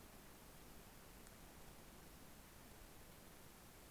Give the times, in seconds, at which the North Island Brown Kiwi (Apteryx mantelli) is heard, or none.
none